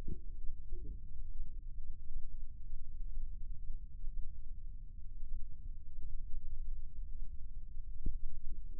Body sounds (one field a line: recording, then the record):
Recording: forearm muscle sounds (acoustic myography)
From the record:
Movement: rest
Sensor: system 2, bracelet of six BSWA MPA416 microphones around the upper forearm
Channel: 5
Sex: male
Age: 22 years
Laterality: right